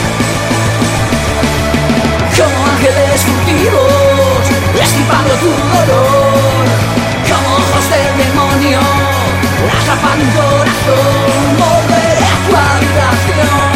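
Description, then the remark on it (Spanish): A brooding post-punk song plays loud and unbroken, with dark droning guitars over a steady low bass, a wavering sung melody on top, and heavy accents landing every couple of seconds. “Y sonidos de After Punk. Guitarreros oscuros.”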